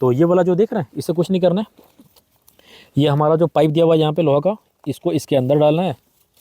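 A man talks while fitting a tank bag for a Suzuki Gixxer SF 250, handling the supplied metal pipe that goes into its holder on the tank bag mount. A few faint, brief handling sounds occur around 2.2–2.6 s between his speech. Nothing has seated or clicked yet; the pipe is not yet locked in when the clip ends.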